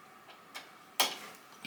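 A metal bobbin case, put back after checking the bobbin, snaps into the rotary hook of a Melco EMT-16X embroidery machine with a sharp click at 1.0 s, amid a few faint softer ticks. The bobbin case is seated in place.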